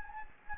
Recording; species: mosquito wingbeat signal from an infrared sensor; Anopheles gambiae